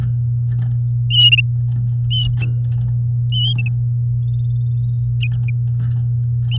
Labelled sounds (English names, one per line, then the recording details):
Domestic Canary song
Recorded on 8 May 2018 at 08:10
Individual llb16